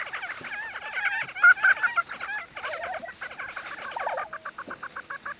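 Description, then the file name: Lesser prairie chicken chorus: a jumble of cackles, yelps and bubbling notes from several birds. Recorded on 20 April 2013. "2013-04-20 Lesser Prairie Chicken"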